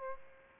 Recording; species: mosquito wingbeat signal from an infrared sensor; Aedes albopictus